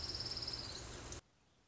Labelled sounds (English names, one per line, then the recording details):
Orange-crowned Warbler
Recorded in Sonoma County, California